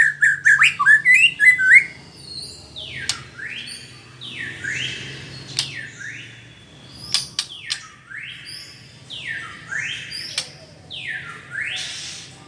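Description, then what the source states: White-rumped shama song: quick chirps, then broad sweeping notes sliding down and back up, repeated roughly every second, with a faint low hum beneath. Female bird.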